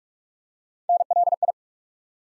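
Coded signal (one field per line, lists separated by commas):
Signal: Morse code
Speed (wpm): 42 wpm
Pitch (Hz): 700 Hz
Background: none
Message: NLI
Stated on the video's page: Morse practice sending ARRL section abbreviations used in Field Day contest exchanges at 45 wpm; each sent, spoken, then sent again for head-copy training.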